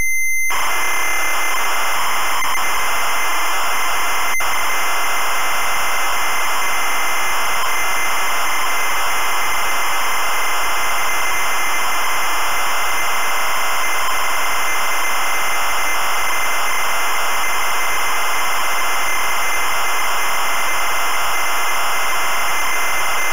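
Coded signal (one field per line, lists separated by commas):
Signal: ZX Spectrum tape loading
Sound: continuous harsh buzzing screech of tape data, steady throughout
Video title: Camelot Warriors (ZX Spectrum) - full tape loading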